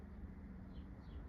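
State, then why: Not seated. A door restrictor stay on a UPVC French door is handled as the door is opened toward its hold, with steady low rumble and background noise throughout. The restrictor is there to stop the door hitting the brick reveal. Nothing has seated or clicked yet.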